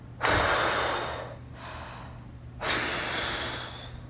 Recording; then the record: deep breathing after running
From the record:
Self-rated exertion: moderate exertion (3 of 6); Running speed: 7 miles an hour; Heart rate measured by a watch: 122 beats a minute at the start, 121 at the end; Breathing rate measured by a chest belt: 20 breaths a minute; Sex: female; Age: 24 years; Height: 163 cm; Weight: 52 kg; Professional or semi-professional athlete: no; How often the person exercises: 1 to 2 times a week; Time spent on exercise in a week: under 1 hour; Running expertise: no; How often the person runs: 1 to 2 times a week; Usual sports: interval training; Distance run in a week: 5 km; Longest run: 3 km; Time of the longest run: 30 minutes